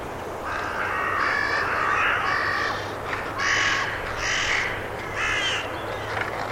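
Bird calling with rough, grating caws that run into one another in a near-continuous, raspy sequence against a low background hum.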